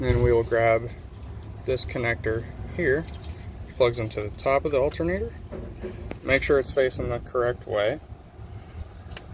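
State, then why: Seated. A wiring harness connector is pushed onto the top of the new alternator on a Ram 1500 after checking that it faces the correct way, while someone talks. A single sharp snap is heard at 9.2 s as the connector seats into place.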